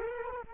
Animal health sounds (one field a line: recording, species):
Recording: mosquito wingbeat signal from an infrared sensor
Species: Culex quinquefasciatus